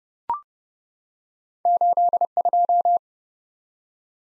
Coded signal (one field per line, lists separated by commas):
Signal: Morse code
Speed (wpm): 30 wpm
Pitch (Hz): 700 Hz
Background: none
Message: 82